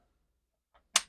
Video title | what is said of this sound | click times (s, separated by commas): Bluetti EP800 - Start small and add B500 batteries as budget allows | okay clicked in | 1.0 s